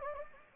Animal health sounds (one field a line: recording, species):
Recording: mosquito wingbeat signal from an infrared sensor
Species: Anopheles gambiae